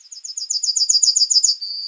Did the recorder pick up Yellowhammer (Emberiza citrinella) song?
yes